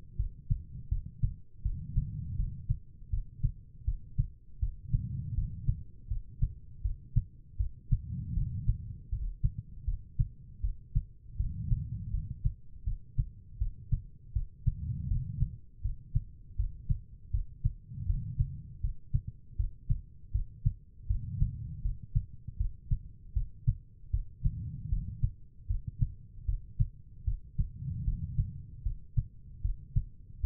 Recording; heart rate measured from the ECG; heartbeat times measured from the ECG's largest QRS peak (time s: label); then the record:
heart sounds by stethoscope; 79 bpm
0.16 s: heartbeat
0.88 s: heartbeat
1.62 s: heartbeat
2.35 s: heartbeat
3.09 s: heartbeat
3.84 s: heartbeat
4.59 s: heartbeat
5.34 s: heartbeat
6.07 s: heartbeat
6.81 s: heartbeat
7.56 s: heartbeat
8.33 s: heartbeat
9.09 s: heartbeat
9.84 s: heartbeat
10.60 s: heartbeat
11.36 s: heartbeat
12.10 s: heartbeat
12.83 s: heartbeat
13.57 s: heartbeat
14.32 s: heartbeat
15.07 s: heartbeat
15.81 s: heartbeat
16.55 s: heartbeat
17.30 s: heartbeat
18.05 s: heartbeat
18.80 s: heartbeat
19.56 s: heartbeat
20.31 s: heartbeat
21.06 s: heartbeat
21.81 s: heartbeat
22.56 s: heartbeat
23.33 s: heartbeat
24.10 s: heartbeat
24.88 s: heartbeat
25.66 s: heartbeat
26.45 s: heartbeat
27.24 s: heartbeat
28.04 s: heartbeat
28.82 s: heartbeat
29.61 s: heartbeat
30.40 s: heartbeat
From the record:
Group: healthy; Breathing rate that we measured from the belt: 18 breaths a minute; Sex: female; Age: 43 years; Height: 160 cm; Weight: 90 kg